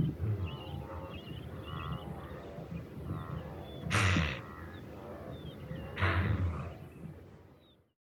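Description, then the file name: Wildebeest giving two strong, broad snorting bursts about two seconds apart, with warbling birdsong in the background. "Antilopa gnu"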